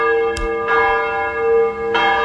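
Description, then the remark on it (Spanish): Church bells of the Basílica de Luján ring out loudly from the bell tower, with a few heavy strikes spaced unevenly over a steady wash of rich, sustained metallic tones that hum and overlap without fading. No voices are heard. “Acá estamos con el campanario, así se relajan todo. Ahí va.”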